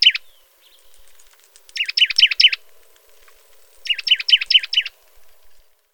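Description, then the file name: Juniper titmouse song: two short trills of five or six repeated, slightly buzzy notes about two seconds apart, with faint scratchy notes between. "baeolophus ridgwayi"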